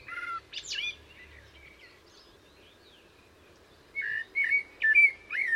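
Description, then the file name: Common blackbird song: a brief mellow phrase with a high squeaky flourish, a quiet pause, then renewed fluting warbles. "Turdus merula"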